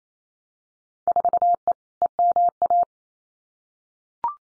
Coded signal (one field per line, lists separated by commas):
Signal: Morse code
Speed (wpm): 28 wpm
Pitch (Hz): 700 Hz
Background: none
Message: 4E EMA